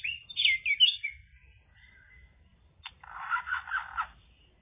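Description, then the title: Java sparrow song: clear curving chirps at first, a pause, then a dense buzzy chattering phrase after a single sharp click. "kicau gelatik"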